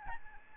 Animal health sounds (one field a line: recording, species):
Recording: mosquito wingbeat signal from an infrared sensor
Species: Aedes albopictus